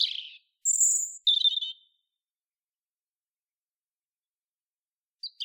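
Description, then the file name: European robin song with a thin high whistle followed by a buzzy trill, then a long pause and a few faint notes at the end. "Erithacus rubecula"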